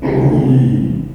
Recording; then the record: squeal of a Yucatan mini pig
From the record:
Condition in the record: after surgery on the right vocal fold (resection and tissue-engineered implant); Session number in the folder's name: 2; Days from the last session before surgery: 13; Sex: male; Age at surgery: 12 weeks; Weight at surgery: 13 kg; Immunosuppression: cyclosporine, prednisolone